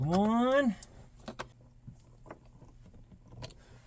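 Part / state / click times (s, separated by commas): trim retaining clip into body / seated / 1.4 s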